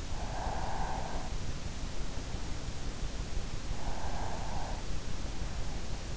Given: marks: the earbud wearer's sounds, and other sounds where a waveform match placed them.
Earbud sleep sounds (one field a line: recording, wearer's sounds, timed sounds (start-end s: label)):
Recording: sounds in sleep by an in-ear microphone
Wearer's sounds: breath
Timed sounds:
0.00-1.48 s: breath
3.42-5.59 s: breath